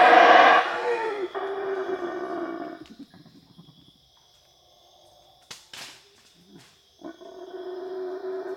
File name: black howler monkey